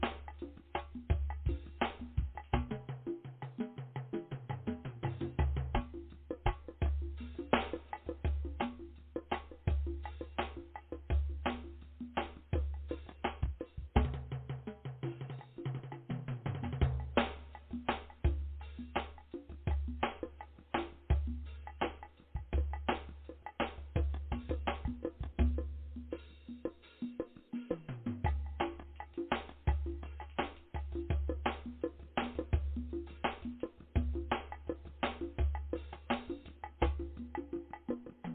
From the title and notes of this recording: Drumming: Powerful. Drumming vibrations.